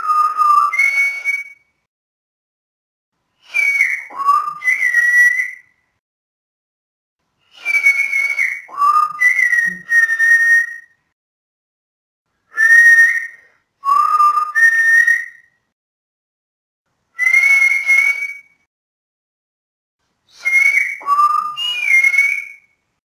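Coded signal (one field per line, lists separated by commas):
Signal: whistled language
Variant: Silbo Gomero, French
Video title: SILBO GOMERO DEL MUNDO: FRANCÉS/IMPRESCINDIBLE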